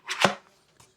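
On a Soarfly cordless leaf blower, the release switch is pulled and the plastic extension tube snaps off the blower outlet, releasing it from the body. A sharp click at 0.3 s rises out of a brief broadband rustle, followed by faint handling taps near 0.8 s and 1.0 s.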